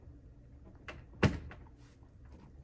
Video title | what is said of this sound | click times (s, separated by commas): Side Skirt Extenders Install on BMW X5 M Sport - How To Video | like you can feel it click into place | 1.2 s